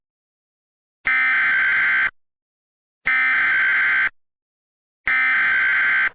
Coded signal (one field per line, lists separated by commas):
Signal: Emergency Alert System (SAME) tones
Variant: header bursts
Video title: EAS Remake: First ever tornado emergency...